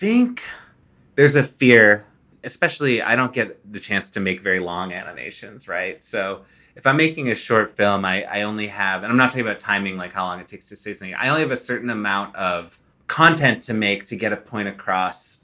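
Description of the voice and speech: An adult man with a low voice speaks in a relaxed, conversational way, with a few short pauses between phrases in a quiet small room. His speech flows smoothly, with no repeated sounds, prolongations or blocks, which is ordinary fluent speech.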